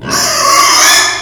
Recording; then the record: squeal of a Yucatan mini pig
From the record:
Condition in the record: before surgery on the right vocal fold (resection and tissue-engineered implant); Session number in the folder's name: 2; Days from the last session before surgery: 0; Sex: male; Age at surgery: 12 weeks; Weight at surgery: 13 kg